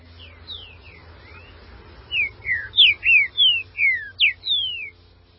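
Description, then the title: Green-winged saltator song: soft slurred notes build into a rapid series of several loud, ringing downslurred whistles before stopping. "Trinca Ferro"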